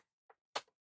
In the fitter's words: just firmly and smoothly push it down and it should all just click